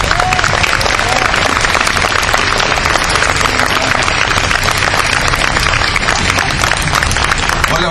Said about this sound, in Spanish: Un gran aplauso para él.